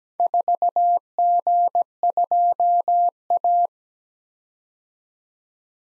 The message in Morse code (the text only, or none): 4G2A